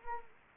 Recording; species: mosquito wingbeat signal from an infrared sensor; Anopheles arabiensis